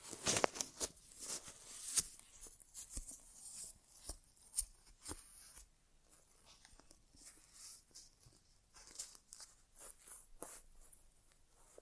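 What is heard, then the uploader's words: An inner ear exam with no talking: crisp, irregular clicks and bright rustling scratches, busier in the first six seconds, then softer. ASMR Inner Ear Exam (No Talking).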